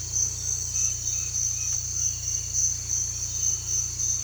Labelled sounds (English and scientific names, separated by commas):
none